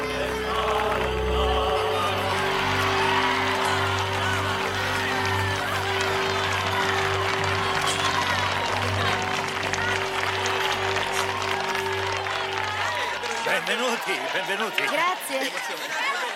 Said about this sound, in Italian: tocca finalmente terra, scatta un lungo applauso e un canto popolare.